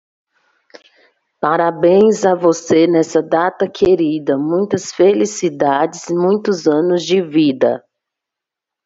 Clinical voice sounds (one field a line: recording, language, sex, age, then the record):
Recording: short text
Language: Brazilian Portuguese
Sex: female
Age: 30 to 39 years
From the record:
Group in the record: control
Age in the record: 34 years